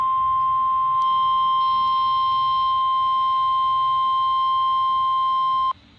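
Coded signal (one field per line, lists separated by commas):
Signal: Emergency Alert System (SAME) tones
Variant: 1050 Hz attention tone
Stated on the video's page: NOAA Weather Radio station severe thunderstorm warning with SAME tones.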